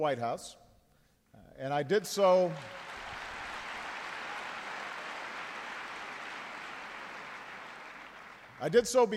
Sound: applause

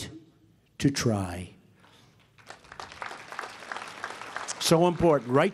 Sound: applause

